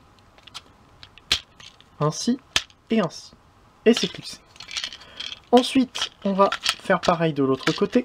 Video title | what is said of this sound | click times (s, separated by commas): Earthrise DOUBLEDEALER : TRANSFORMATION ! | simplement et on va donc clip c'est la pièce noire ici à l'intérieur de la cuisse ainsi | 1.3 s